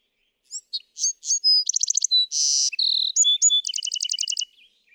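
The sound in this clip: Bewick's wren song: a single complete phrase of high sharp notes, short trills, a harsh buzzy note and a long rapid trill.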